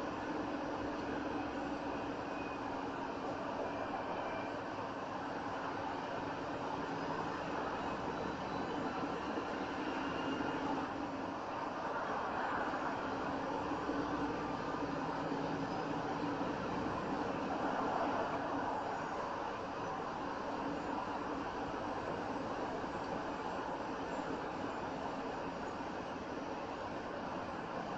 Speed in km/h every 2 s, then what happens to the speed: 34, 32, 31, 32, 34, 37, 40, 44, 47, 50, 52, 53, 55, 53.
4-24 speeds up to 55.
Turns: none.